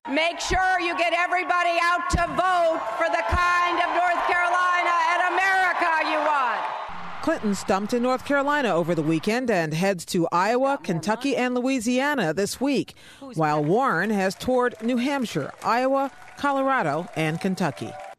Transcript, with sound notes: Make sure you get out to vote for the kind of North Carolina and America you want.
(CHEERING AND APPLAUSE) Clinton has stumped in North Carolina over the weekend, and heads to Iowa, Kentucky and Louisiana this week, while Warren has toured New Hampshire, Iowa, Colorado, and Kentucky.